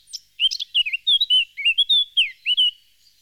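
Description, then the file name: Eurasian blackcap song: clear, fluty whistled phrases, rising and falling, delivered in a rich rapid sequence. "Jean C Roche - Fauvette a tete noire"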